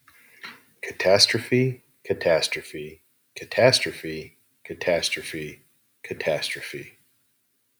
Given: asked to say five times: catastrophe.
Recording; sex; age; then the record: repeated word; male; 40 to 49 years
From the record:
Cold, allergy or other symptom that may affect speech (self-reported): no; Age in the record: 41 years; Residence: Arizona, United States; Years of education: 17